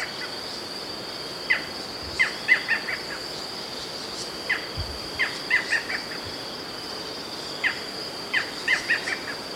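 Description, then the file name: Barred Forest Falcon calling with spaced groups of short, sharp notes, the groups repeated every three seconds or so, over a persistent high insect hum. "Micrastur ruficollis - Barred Forest Falcon"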